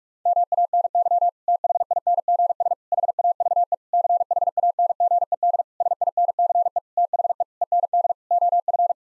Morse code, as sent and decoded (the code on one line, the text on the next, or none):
-- .- -. -.-- / - .... .. -. --. ... / .... .- ...- . / -.-. .... .- -. --. . -.. / ... .. -. -.-. . / - .... . / . -. -.. / --- ..-.
MANY THINGS HAVE CHANGED SINCE THE END OF